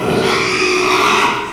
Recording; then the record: squeal of a Yucatan mini pig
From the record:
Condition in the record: after surgery on the right vocal fold (resection and tissue-engineered implant); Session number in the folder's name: 1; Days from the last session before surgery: 6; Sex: male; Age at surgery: 12 weeks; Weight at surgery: 13 kg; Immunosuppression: cyclosporine, prednisolone